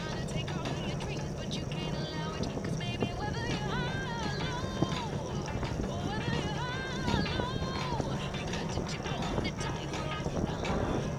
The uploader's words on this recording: It was a quiet day. Riding along the greenway in october. you can hear leaves rustling and also some music i take with me playing quietly.